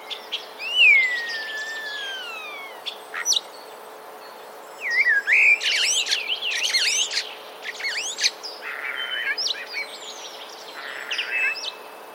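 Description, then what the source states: Common starling song opening with a long, drawn-out falling whistle, then rattles, clicks and chirpy twitters in a busy jumble. Mimicry of sparrow sounds; recorded 16 March 2024.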